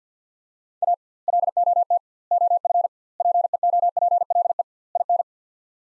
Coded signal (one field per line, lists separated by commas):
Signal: Morse code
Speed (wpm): 50 wpm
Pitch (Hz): 700 Hz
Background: none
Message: A LOT OF PEOPLE IN